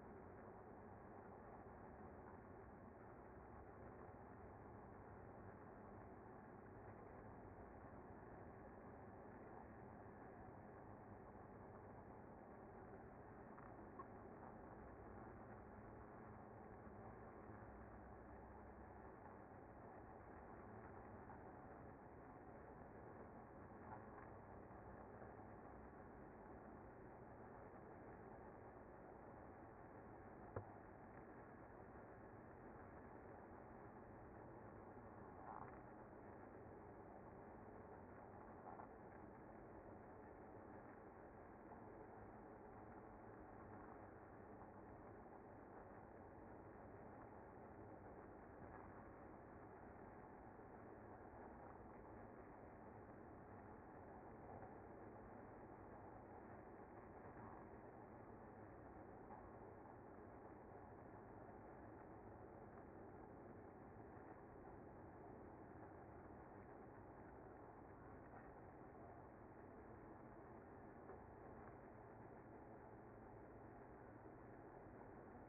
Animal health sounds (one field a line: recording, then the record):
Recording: honeybee colony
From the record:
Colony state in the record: active